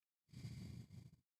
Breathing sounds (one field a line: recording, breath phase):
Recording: one breath near a microphone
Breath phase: exhalation